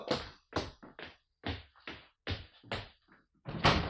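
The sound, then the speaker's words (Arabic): Knocking on a door: a run of firm, hollow raps, about ten in uneven clusters with short pauses between, fairly loud and with no voices. “وادي يا عوضين، شوف مين يا واد اللي بيخبط على الباب يا والي.”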